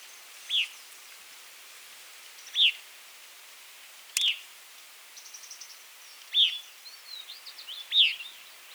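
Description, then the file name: Northern waterthrush calling with five loud, abrupt chip notes, while softer high twitters and a single sharp click sound between them. "Northern Waterthrush - Parkesia noveboracensis"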